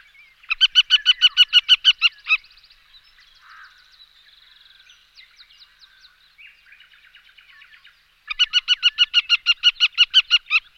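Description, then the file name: Western marsh harrier chattering twice, each burst a quick string of loud, sharp notes, with quiet twittering and chirps of other birds between them. "circus aeruginosus"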